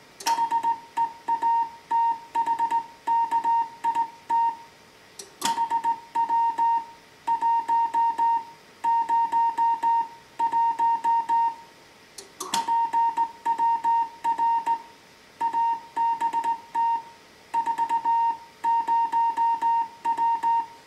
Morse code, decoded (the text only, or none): HEATHKIT HW 101 PWR ABT 40W